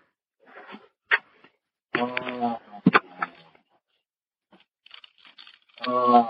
Dispatcher recognized the sound as agonal breathing and knew that someone was dying on the other end of the line.